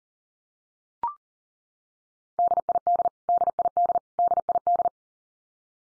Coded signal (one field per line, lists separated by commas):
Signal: Morse code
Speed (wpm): 40 wpm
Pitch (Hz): 700 Hz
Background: none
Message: DID DID DID